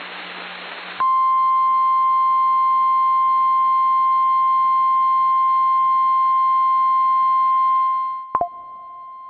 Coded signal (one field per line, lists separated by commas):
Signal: Emergency Alert System (SAME) tones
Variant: 1050 Hz attention tone